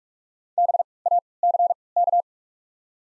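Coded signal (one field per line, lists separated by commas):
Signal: Morse code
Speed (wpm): 41 wpm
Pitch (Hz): 700 Hz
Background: none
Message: B A C K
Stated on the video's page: Morse code practice of the top 200 words at 45 wpm with 3x character spacing, a form of Farnsworth timing.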